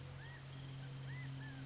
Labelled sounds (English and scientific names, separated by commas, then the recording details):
California Quail (Callipepla californica)
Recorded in Sonoma County, California